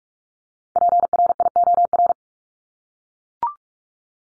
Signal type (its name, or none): Morse code